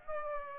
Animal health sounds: mosquito wingbeat signal from an infrared sensor; Aedes aegypti

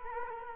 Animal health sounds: mosquito wingbeat signal from an infrared sensor; Culex quinquefasciatus

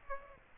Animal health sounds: mosquito wingbeat signal from an infrared sensor; Aedes aegypti

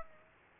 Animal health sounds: mosquito wingbeat signal from an infrared sensor; Aedes aegypti

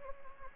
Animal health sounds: mosquito wingbeat signal from an infrared sensor; Anopheles gambiae

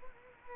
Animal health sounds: mosquito wingbeat signal from an infrared sensor; Culex quinquefasciatus

